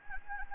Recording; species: mosquito wingbeat signal from an infrared sensor; Anopheles gambiae